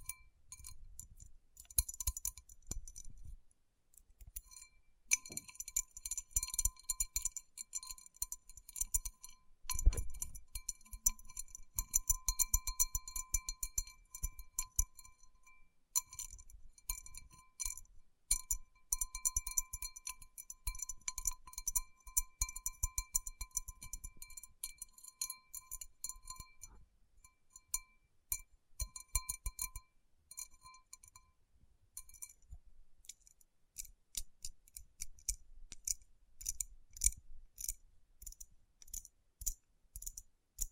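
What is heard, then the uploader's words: Rhinestone-covered palms are tapped and rubbed in a dense, continuous run of tiny glassy clicks and clinks that glitter in the high range. The activity stays busy throughout, with occasional soft low thumps, one heavier knock near ten seconds, and brief quieter gaps. Tapping & Rubbing Rhinestone Covered Palms.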